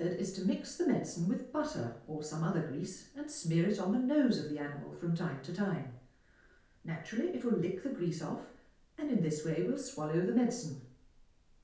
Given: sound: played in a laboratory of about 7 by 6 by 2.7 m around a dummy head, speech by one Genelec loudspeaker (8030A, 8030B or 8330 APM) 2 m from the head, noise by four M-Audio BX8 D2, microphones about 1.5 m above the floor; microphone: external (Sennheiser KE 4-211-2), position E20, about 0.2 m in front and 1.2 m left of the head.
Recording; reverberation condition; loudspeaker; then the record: female speech in English; medium; 90 degrees to the right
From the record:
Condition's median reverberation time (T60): about 510 ms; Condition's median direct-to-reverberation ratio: about -0.5 dB